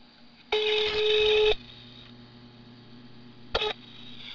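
A telephone call being placed to reserve a restaurant: a loud, steady electronic ring tone lasts about a second, a low line hum follows, then a short second beep cuts in. No one speaks.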